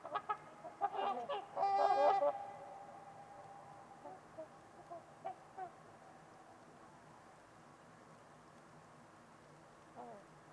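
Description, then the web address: Trumpeter swans calling with nasal, horn-like honks in a brief loud cluster early on, then sparse fainter honks over low background hiss. Trumpeter swans at Winters Lake on a winter's eve in a deep, quiet valley; by Nick McMahan. "Trumpeter Swans on a Winter's Eve. Nick-Mc Mahan Winters-Lake-with-Swan. Wind Is the Original Radio"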